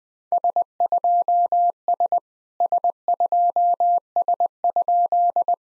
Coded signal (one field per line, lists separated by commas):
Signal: Morse code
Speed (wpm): 20 wpm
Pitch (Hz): 700 Hz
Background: none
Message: S2S S2S?